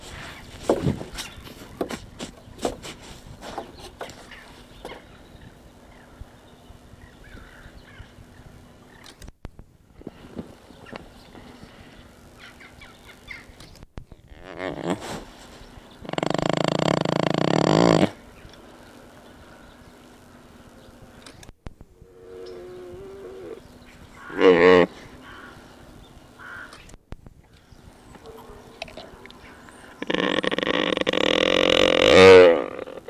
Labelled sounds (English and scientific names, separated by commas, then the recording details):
Mule Deer (Odocoileus hemionus) call
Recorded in captivity
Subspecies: hemionus
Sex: male
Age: adult
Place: Tierpark Berlin, Berlin, DE
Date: 1967-11-19
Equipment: Uher 4000 Report-S, Transistorverstärker II, Sennheiser MD 421
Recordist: Tembrock, Günter
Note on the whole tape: Felsengebirgs-Maultierhirsch: Laute gegen Beobachter. Abstand: 0,5 m. Aufnahmezeit: 9.30-13.00 Uhr